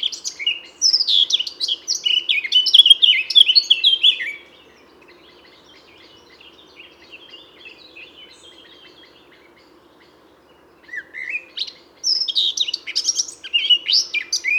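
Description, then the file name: Eurasian blackcap song: two loud bursts of fast, varied warbling with scratchy chatter and clearer whistled notes, separated by about six seconds of much fainter song. "Sylvia atricapilla"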